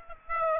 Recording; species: mosquito wingbeat signal from an infrared sensor; Aedes aegypti